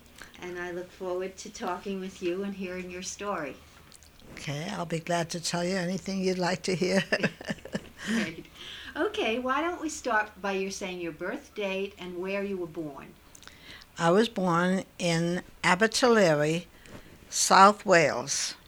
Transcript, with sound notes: and I look forward to talking with you and hearing your story.
Okay. I'll be glad to tell anything you'd like to hear. (she laughs)
Okay. Why don't we start by your saying your birthdate, and where you were born.
I was born in Abertillery, South Wales.